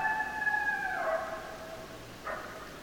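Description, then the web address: Coyote howl, a long steady tone sliding downward and fading, followed by a short rough yip near the end, over low hiss. Several coyotes, recorded 10 December 2012. "sounds mammals Coyote 2012 12 10 Coyotes"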